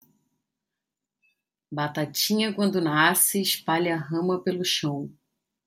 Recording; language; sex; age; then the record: short text; Brazilian Portuguese; female; 40 to 49 years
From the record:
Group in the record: control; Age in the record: 44 years